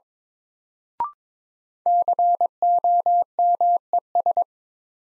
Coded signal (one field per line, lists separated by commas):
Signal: Morse code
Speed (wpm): 22 wpm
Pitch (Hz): 700 Hz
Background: none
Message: COMES